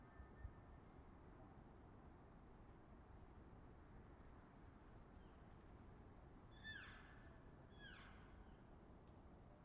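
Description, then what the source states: Elk bugling: a faint high tone early on, then two descending whistled sweeps with harmonics near the end, over low steady background noise. Elk bulls bugling in the distance, reverberating off hillside and forest, Colockum Wildlife Area, last week before firearm hunting season.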